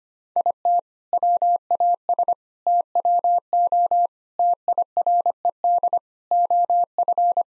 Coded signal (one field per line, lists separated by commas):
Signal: Morse code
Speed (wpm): 25 wpm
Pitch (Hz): 700 Hz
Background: none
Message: IT WAS TWO TIRED OF